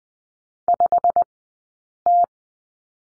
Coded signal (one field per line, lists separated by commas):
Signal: Morse code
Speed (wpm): 20 wpm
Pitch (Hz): 700 Hz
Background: none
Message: 5T